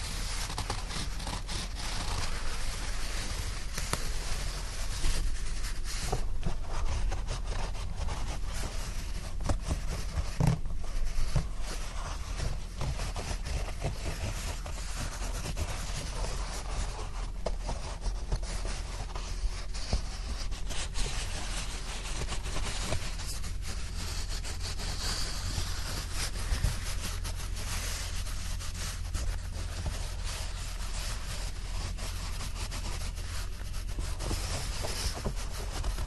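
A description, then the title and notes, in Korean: Dry blanket rustling goes on without a break for the whole stretch, a soft, dense scratchy swishing with bright crisp edges. The loudness stays nearly level, with small swells of movement every few seconds, and a faint low rumble runs underneath. 스르륵 이불 소리. 잘 말린 이불 속에서 사각사각.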